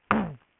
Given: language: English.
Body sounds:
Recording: throat vibration sensor signal played as sound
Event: throat clearing

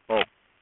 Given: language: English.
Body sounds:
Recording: throat vibration sensor signal played as sound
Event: speech

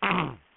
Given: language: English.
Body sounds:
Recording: throat vibration sensor signal played as sound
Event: throat clearing

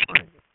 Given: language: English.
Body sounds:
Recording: throat vibration sensor signal played as sound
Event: swallow

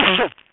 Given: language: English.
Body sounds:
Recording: throat vibration sensor signal played as sound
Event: cough

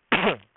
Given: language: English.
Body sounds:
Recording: throat vibration sensor signal played as sound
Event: cough

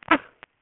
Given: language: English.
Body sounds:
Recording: throat vibration sensor signal played as sound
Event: cough

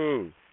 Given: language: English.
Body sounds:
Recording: throat vibration sensor signal played as sound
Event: speech

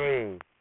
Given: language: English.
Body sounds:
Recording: throat vibration sensor signal played as sound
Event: speech

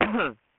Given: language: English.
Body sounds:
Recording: throat vibration sensor signal played as sound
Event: cough

